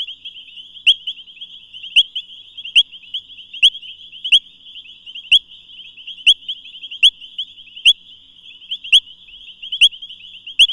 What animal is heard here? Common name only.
Painted Reed Frog